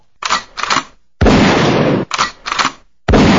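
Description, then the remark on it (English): Two loud gunshot sound effects, each a sharp blast with a roaring tail, and each preceded by a quick pair of shorter mechanical clacks. No one speaks. “Okay, give me two guns. How about that? Two gunshots.”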